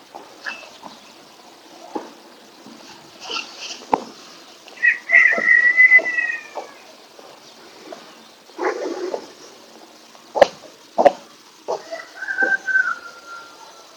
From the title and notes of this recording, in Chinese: 延庆山中晨起观鸟。延庆的早晨，大自然的声音。